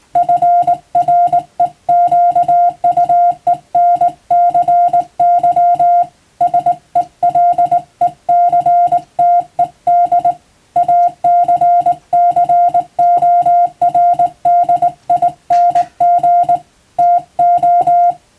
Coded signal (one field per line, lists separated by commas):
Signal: Morse code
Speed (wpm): 20 wpm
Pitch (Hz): 700 Hz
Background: music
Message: FREQUENCY SELECTED ACCORDING TO